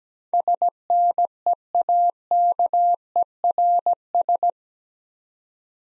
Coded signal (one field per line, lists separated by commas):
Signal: Morse code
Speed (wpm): 17 wpm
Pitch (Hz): 700 Hz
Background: none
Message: SNEAKERS